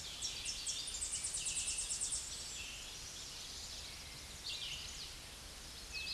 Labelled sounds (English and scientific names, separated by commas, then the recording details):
Tennessee Warbler (Leiothlypis peregrina) song
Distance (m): 20 m
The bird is about 5 m above the microphone
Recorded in a Pennsylvania forest on 16 May 2024 at 07:22
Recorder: AudioMoth, point MSD-2039
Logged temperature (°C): 15.0 °C
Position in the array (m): 81 m, 73 m